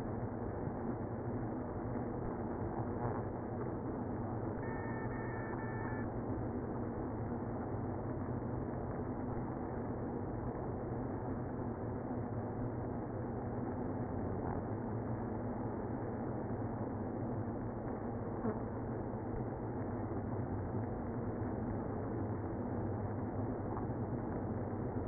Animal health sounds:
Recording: honeybee colony, microphone inside the hive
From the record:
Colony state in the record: queenless (queen removed)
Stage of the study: after two queens were removed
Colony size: about 60,000 bees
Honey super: yes

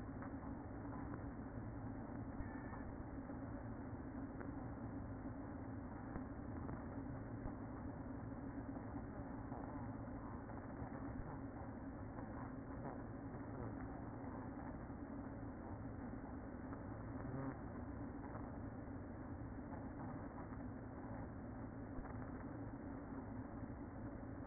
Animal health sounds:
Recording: honeybee colony, microphone inside the hive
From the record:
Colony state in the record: queen present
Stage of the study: after two queens were removed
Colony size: about 60,000 bees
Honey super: yes

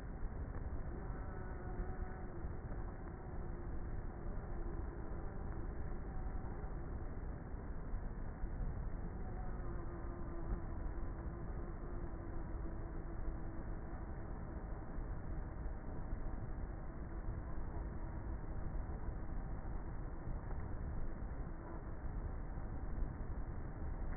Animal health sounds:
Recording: honeybee colony, microphone inside the hive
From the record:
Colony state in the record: queenless with a low population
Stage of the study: before two queens were removed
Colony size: about 30,000 bees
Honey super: no

